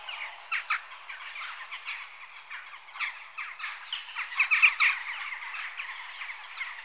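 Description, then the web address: Western jackdaw flock calling, scattered harsh chacks that build into a louder cluster of rapid calls around four to five seconds. Adult birds. "BBC Sound Effects Library (Birds) Jackdaw (Corvus Monedula) Adults"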